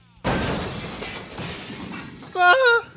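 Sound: glass shattering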